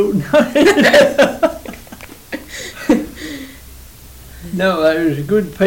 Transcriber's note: laughs